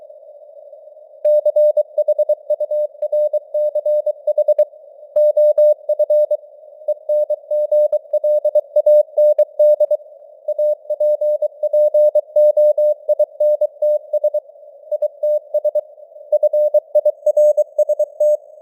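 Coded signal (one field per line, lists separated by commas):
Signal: Morse code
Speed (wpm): 23 wpm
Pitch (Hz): 600 Hz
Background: none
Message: CHURCH OF ENGLAND APPOINTS ITS FIRST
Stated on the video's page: News headlines sent at 23 wpm with simulated radio noise and varying signal strength (QSB).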